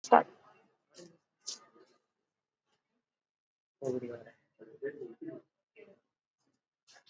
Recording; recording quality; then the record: deep breathing; poor, much background noise or distortion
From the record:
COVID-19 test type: RT-PCR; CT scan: not taken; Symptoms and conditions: cough, cold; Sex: male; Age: 26 years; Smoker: yes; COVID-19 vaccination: both doses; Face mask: worn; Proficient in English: yes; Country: India